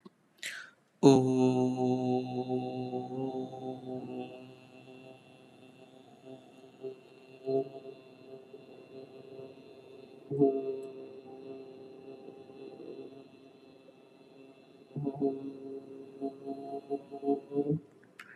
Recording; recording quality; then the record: sustained vowel as in boot; excellent, no background noise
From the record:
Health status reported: healthy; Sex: male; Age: 26 years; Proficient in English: yes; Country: India